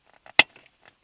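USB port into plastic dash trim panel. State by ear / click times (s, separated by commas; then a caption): seated / 0.4 s. An aftermarket USB port is pushed into a hole drilled in the plastic dash trim piece of a 2012-2015 Honda Civic. A few faint taps and rustles surround one loud, sharp snap at 0.4 s. The port snaps into place and is seated.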